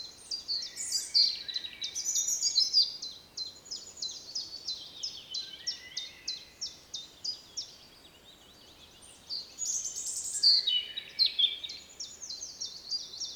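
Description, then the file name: European robin singing two sweet, tumbling phrases of high whistled notes and quick trills, separated by a short pause. "Erithacus rubecula"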